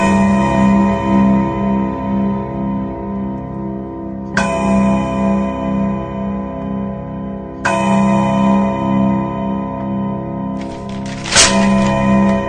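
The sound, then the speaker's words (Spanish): An English mantel clock strikes four slow, resonant chimes, each ringing tone lingering and overlapping the next, with the final strike sharper and brighter than the rest. “El reloj de chimenea inglés hace oír cuatro campanadas inglesas.”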